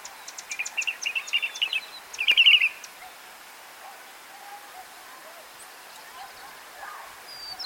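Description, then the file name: Northern mockingbird song: a fast series of repeated chirps, then a louder burbling phrase, followed by quiet with faint scattered notes. "Northern Mockingbird Mimus polyglottos Goltz"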